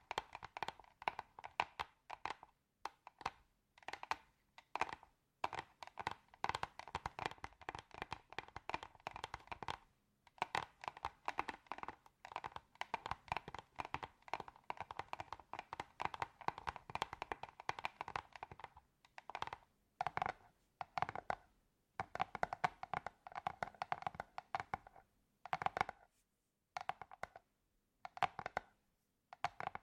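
Quick, irregular tapping runs almost continuously in dense bursts with brief pauses near ten, nineteen and twenty-six seconds, each tap sharp and clicky.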